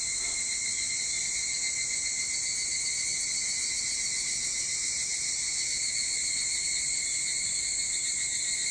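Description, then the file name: Evening cicadas produce a sustained shrill drone, level and continuous, with nothing else standing out. Recorded 22 July 2023 at 04:40. "higurashi 230722 0440"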